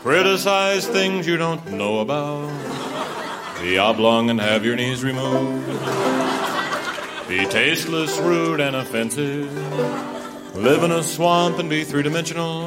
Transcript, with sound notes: Criticize things you don't know about. Be oblong and have your knees removed. (LAUGHTER) (Singing) Be tasteless, rude, and offensive. Live in a swamp and be three-dimensional.